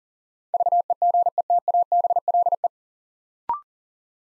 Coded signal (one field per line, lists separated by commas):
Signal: Morse code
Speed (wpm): 40 wpm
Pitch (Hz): 700 Hz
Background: none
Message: VEGETABLE